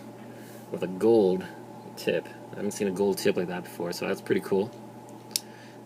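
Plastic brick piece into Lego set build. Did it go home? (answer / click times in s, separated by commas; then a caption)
yes / 5.4 s. Someone talks while a plastic Lego piece is fitted onto a Star Wars battle pack build (Elite Clone Troopers and Rebel Trooper sets 9488 and 9489), right after the gold-tipped flick-fire missile is shown. A single sharp, short click is heard at 5.4 s as the piece seats into place.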